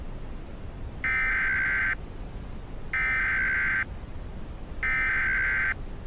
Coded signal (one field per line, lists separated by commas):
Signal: Emergency Alert System (SAME) tones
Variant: header bursts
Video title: EAS Scenario - Ohio Unknown and Inexperienced Incident Situation